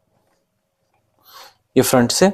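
A 21V cordless battery pack from a JPT brushless impact wrench combo is held upside down and lined up with the front of its fast charger just before being pushed in. The stretch is mostly quiet, with one faint hit at 0.9 s, and then someone talks. Nothing has seated or clicked yet.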